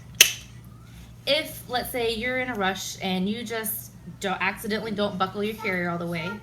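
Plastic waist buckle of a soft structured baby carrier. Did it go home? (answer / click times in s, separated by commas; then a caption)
yes / 0.2 s. A plastic waist buckle on an Ergobaby soft structured baby carrier is snapped shut after its waist strap is threaded through the elastic safety band. It gives a sharp, short click at 0.2 s, and the buckle is seated. Someone then talks.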